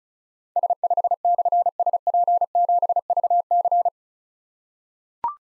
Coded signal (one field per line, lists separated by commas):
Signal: Morse code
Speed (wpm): 36 wpm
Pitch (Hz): 700 Hz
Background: none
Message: S5/SP7VC